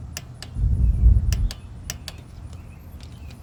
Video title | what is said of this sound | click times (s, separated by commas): 2020 Klx110 Big Bore kit Install ( Tb 143cc kit step by step Install) | got a nice click out of that one now we'll do our top right corner | 1.9 s